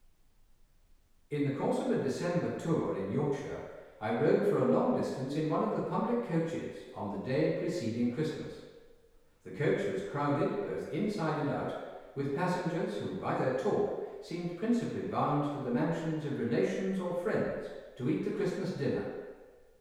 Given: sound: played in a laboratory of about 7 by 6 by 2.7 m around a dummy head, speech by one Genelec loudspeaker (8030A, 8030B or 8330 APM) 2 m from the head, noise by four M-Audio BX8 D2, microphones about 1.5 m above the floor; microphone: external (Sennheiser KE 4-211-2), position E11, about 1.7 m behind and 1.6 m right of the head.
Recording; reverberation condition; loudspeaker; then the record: male speech in English; high; 60 degrees to the left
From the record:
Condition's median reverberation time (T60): about 1300 ms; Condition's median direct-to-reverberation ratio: about -4.0 dB